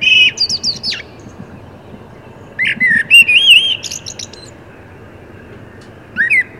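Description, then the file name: Common blackbird singing: fluty warbled phrases followed by thin high squeaks, three separate bursts with quiet pauses between them. "Turdus merula"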